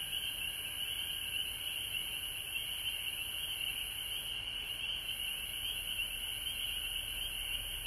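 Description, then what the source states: A frog chorus, many high-pitched calls blending into one constant shrill band, with a weaker lower band of calls running beneath. Recorded at home in Georgia on March 19, 2020.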